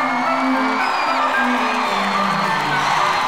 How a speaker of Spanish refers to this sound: En Radiola comienza Trastorno Tripolar. Reciban con un fuerte aplauso a Don Diazepam y a Don Lexatin.